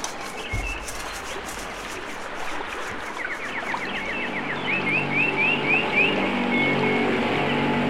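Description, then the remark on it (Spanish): A motorboat's engine drones and steadily grows louder as it approaches on the river, while birds chirp and trill above the rising hum. No one speaks. “Además, ya ni se puede estar en paz aquí en el río, porque aparecen haciendo ruido con esa lancha.”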